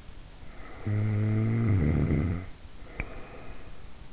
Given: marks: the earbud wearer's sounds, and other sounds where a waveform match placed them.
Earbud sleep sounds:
sounds in sleep by an in-ear microphone; snoring breath
0.45-3.82 s: snoring breath

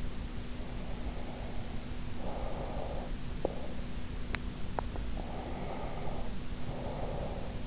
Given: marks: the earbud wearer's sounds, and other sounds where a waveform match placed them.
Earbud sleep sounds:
sounds in sleep by an in-ear microphone; breath, teeth grinding
0.45-3.27 s: breath
3.37-5.06 s: teeth grinding
5.16-7.67 s: breath

